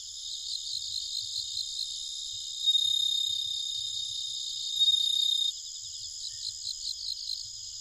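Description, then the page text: Bell cricket song, clear high ringing tone over a dense, shimmering chorus of other insects, with louder bursts around the third and fifth seconds. Recorded at night, 21:48, on 1 October 2011 in Nikko, Japan. "suzumusi 20111001-2148. Homoeogryllus japonicus. Nikko"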